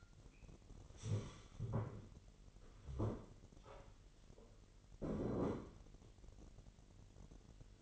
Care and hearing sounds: daily activity, microphone in the room; stand up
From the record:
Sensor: 4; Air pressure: 999.4 hPa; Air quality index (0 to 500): 104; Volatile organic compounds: 2 ppm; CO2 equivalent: 1027 ppm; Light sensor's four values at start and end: 11/26/11/12 and 11/26/11/12

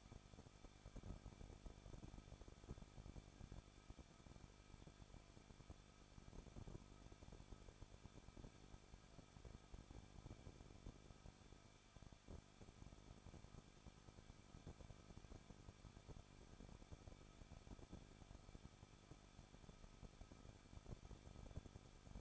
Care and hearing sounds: daily activity, microphone in the room; no activity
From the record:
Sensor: 5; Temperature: 20.9 degrees Celsius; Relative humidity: 38.2%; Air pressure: 1006.4 hPa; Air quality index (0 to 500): 187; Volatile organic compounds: 18 ppm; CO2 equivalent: 2624 ppm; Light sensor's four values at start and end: 2/3/1/1 and 2/3/1/1

